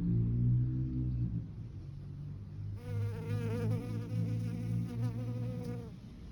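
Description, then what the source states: Honey bee buzzing: a steady, harmonic-rich wing hum starts about halfway through and holds for roughly three seconds with slight wavers in pitch, over a low background rumble. Single honey bee persistently trying to drink nectar from a yellow bag zip, turning upside down and pushing its proboscis under the zip slider.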